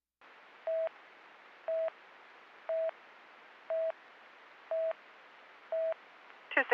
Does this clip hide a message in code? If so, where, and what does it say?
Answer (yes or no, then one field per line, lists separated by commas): no